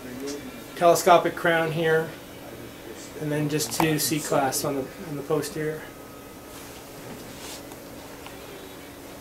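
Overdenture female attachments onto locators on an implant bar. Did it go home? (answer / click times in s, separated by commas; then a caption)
yes / 8.3 s. Someone talks while a removable overdenture is pressed down onto a milled titanium implant bar so its female stud attachments engage the locators. A short snap is heard at 8.3 s as the overdenture seats on the locators.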